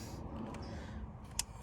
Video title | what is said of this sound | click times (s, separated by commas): 2015 Honda FIT seat upholstery install | snaps right in let's see snaps | 1.4 s